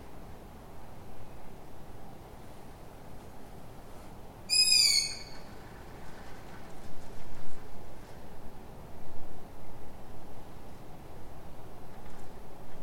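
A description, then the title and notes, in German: A lone owl gives a single sharp, high, rasping call at about four and a half seconds, lasting under a second and sliding slightly downward. Otherwise only a steady low rumble, like wind or traffic, fills the background. Ein einsamer Kautz. Mitten in der Stadt.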